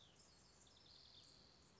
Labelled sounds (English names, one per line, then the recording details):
House Wren
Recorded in Sonoma County, California